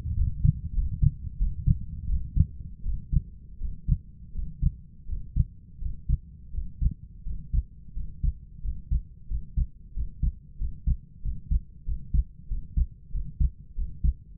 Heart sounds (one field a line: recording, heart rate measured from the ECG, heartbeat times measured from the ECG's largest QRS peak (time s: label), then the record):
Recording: heart sounds by stethoscope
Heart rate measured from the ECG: 88 bpm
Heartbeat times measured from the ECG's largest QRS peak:
0.16 s: heartbeat
0.74 s: heartbeat
1.38 s: heartbeat
2.08 s: heartbeat
2.84 s: heartbeat
3.59 s: heartbeat
4.33 s: heartbeat
5.07 s: heartbeat
5.80 s: heartbeat
6.52 s: heartbeat
7.24 s: heartbeat
7.94 s: heartbeat
8.62 s: heartbeat
9.28 s: heartbeat
9.94 s: heartbeat
10.58 s: heartbeat
11.22 s: heartbeat
11.85 s: heartbeat
12.48 s: heartbeat
13.12 s: heartbeat
13.75 s: heartbeat
From the record:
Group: healthy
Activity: breath hold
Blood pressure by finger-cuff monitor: 91/57 mmHg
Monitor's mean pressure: 71 mmHg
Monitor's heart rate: 88 bpm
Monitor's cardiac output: 6.6 L/min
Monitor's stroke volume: 73 mL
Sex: male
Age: 22 years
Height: 181 cm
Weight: 60 kg